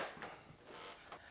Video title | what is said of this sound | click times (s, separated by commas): Vlog 48 - GX470 Window Trim Replacement | And start clicking things down into place. And you should hear it click. | 0.2 s, 1.1 s